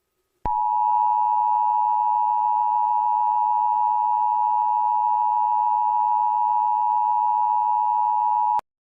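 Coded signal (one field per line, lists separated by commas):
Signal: Emergency Alert System (SAME) tones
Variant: 853 and 960 Hz attention tone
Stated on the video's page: Fictional EAS scenario about a radioactive outbreak; simulated alert, not a real broadcast.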